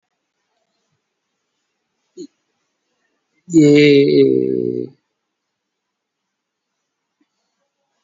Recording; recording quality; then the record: sustained vowel as in made; excellent, no background noise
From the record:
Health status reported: COVID-19 positive, mild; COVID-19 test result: positive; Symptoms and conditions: pneumonia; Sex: male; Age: 60 years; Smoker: not ticked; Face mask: worn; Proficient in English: yes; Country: India